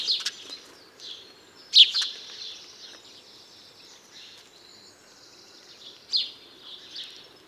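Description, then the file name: House sparrow calls, a few scattered sharp chirps with quiet pauses between. "Passer domesticus"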